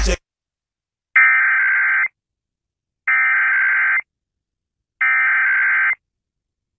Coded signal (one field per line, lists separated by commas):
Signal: Emergency Alert System (SAME) tones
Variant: header bursts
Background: speech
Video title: EAS Required Monthly Test on WXBK Newark, NJ (11/16/21)